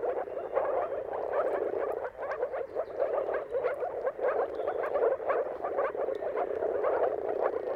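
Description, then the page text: Moor frogs giving a continuous, gurgling low chorus of overlapping pulsed calls, with few other sounds present. Chorus of moor frogs giving mating calls at sunrise, turn of March and April, timing depending on weather. "Jakub-Orzecki moor frogs. Dawn’s Chorus: Mating Calls of Marsh Frogs at Sunrise. Depending on the weather at the turn of March and April, you can witness an amazing spectacle of moor frogs"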